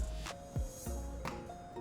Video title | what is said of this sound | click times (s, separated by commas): 2019-2024 NISSAN SENTRA 2.0L, Service Mass Air Flow Sensor (MAFS) and Air Filter | And I'm gonna go ahead and slide the connector on and listen for the click. | 1.3 s